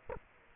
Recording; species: mosquito wingbeat signal from an infrared sensor; Aedes aegypti